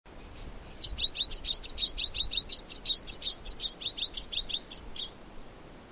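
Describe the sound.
White-winged Snowfinch calling in a fast chattering run of many high chirps.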